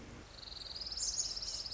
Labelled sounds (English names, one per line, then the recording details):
Orange-crowned Warbler
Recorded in Sonoma County, California